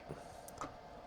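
With the distributor sitting loosely in the engine block of an MK2 Robin, the rotor arm is turned by hand until the distributor's metal drive dog lines up with its slot and drops into its engine drive slot. Two short clicks are heard at 0.5 s and 0.6 s, the second louder, over a steady low background hum. The distributor drive has engaged and seated.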